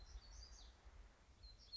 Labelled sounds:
Black-throated Gray Warbler (Setophaga nigrescens)
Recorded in Sonoma County, California

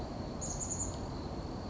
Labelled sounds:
Chestnut-backed Chickadee (Poecile rufescens)
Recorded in Sonoma County, California

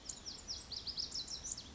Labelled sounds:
Lazuli Bunting (Passerina amoena)
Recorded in Sonoma County, California

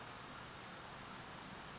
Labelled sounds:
Brown Creeper (Certhia americana)
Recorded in Sonoma County, California

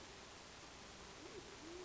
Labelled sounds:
Band-tailed Pigeon (Patagioenas fasciata)
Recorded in Sonoma County, California

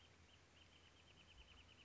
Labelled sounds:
Wrentit (Chamaea fasciata)
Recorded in Sonoma County, California

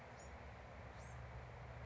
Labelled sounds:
Bewick's Wren (Thryomanes bewickii)
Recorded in Sonoma County, California

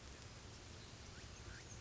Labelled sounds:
Oak Titmouse (Baeolophus inornatus)
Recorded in Sonoma County, California

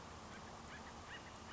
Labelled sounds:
Acorn Woodpecker (Melanerpes formicivorus)
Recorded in Sonoma County, California

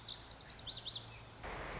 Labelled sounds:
Lazuli Bunting (Passerina amoena)
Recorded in Sonoma County, California

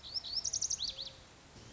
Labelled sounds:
Lazuli Bunting (Passerina amoena)
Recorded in Sonoma County, California

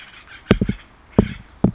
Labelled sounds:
Acorn Woodpecker (Melanerpes formicivorus)
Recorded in Sonoma County, California

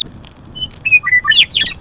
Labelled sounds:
Western Meadowlark (Sturnella neglecta)
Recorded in Sonoma County, California

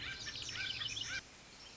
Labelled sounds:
Pacific Wren (Troglodytes pacificus)
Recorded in Sonoma County, California

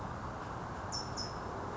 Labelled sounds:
California Towhee (Melozone crissalis)
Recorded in Sonoma County, California

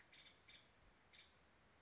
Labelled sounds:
Nuttall's Woodpecker (Dryobates nuttallii)
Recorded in Sonoma County, California

